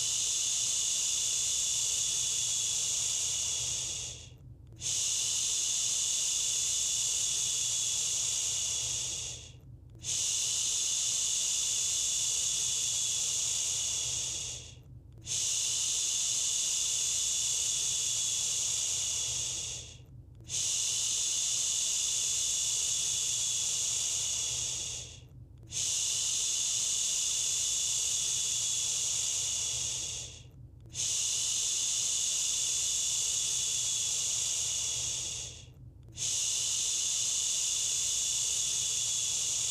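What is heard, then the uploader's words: A bright, airy shushing sound runs almost continuously, like a long steady "shhh." About every five seconds it drops out for a brief breath-like pause, then resumes at the same level. A soft low rumble sits underneath throughout. Shushing for a Sleepy Restless Baby at Bedtime (Fades Out). This episode begins with a quicker, calming shushing sound to soothe your restless baby and then the shushing turns to a slower cadence. A mix of natural and calming shushing sounds.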